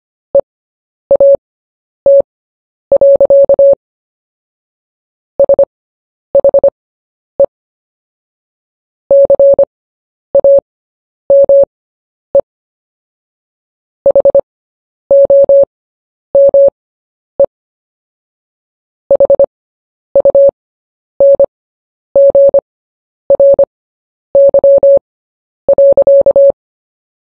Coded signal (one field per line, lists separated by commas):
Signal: Morse code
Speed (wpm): 25 wpm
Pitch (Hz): 560 Hz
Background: none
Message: EAT. SHE CAME HOME HUNGRY.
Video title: Short Story 1 at 10 WPM